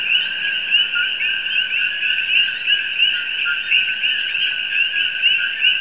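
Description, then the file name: Common coquí chorus, many frogs calling at once in a steady, dense two-tone din of short upslurred notes, with no pause throughout. "Coqui"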